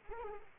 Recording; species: mosquito wingbeat signal from an infrared sensor; Anopheles arabiensis